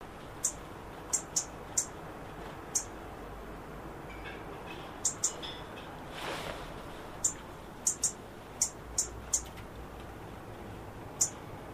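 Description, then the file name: European robin calls, short high ticks at irregular intervals, often in pairs, over a continuous faint rushing noise. "Erithacus rubecula"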